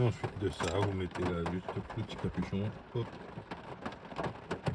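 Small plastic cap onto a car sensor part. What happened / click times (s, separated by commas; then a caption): Small cap handled, not yet clipped home / none. A small plastic cap is pushed onto a car sensor part during a sensor replacement while someone talks throughout. A few short, faint clicks of handling come near the end, around 3.9, 4.2, 4.5 and 4.7 seconds. The cap has not clipped on or seated yet.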